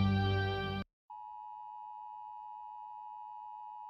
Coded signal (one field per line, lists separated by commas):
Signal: Emergency Alert System (SAME) tones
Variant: 853 and 960 Hz attention tone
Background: music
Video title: RATING EAS Alarms AGAIN Because Yes